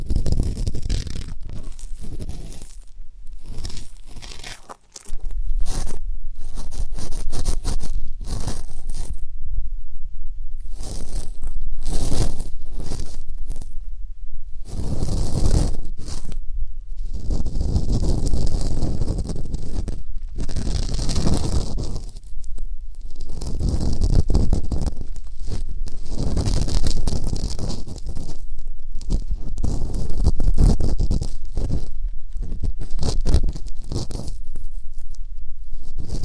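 Ear canal cleaning with dense, scratchy rustling and crackling in irregular bursts, deep rumbles beneath, and brief quiet gaps throughout.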